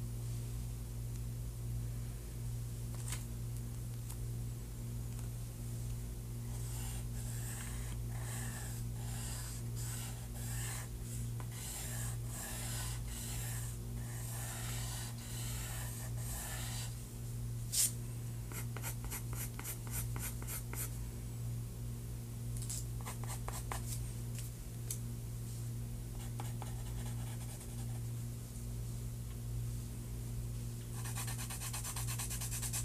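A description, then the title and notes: Pencil sketching on paper, with bursts of quick scratchy strokes that come in rhythmic runs, busiest around the middle and again near the end. Beneath it a steady low hum from a machine runs throughout, and a single sharp tap lands around eighteen seconds. ASMR | Sketching you!!!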